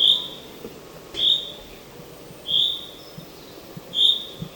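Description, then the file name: Common chaffinch calling with a short, high single note, repeated four times. "Fringilla coelebs"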